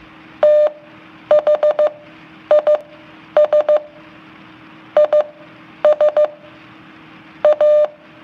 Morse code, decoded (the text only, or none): THIS IS A